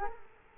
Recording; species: mosquito wingbeat signal from an infrared sensor; Culex quinquefasciatus